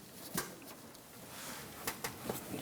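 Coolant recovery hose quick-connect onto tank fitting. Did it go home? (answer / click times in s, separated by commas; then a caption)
yes / 2.1 s. A coolant recovery tank hose on a 1999–2006 Chevrolet Silverado 1500 is slid onto its tank fitting and pushed until the plastic quick-connect seats. Short sharp ticks sound at about 0.4 s and 1.9 s against faint background noise, then the quick-connect clicks into place at 2.0 s and the hose is seated.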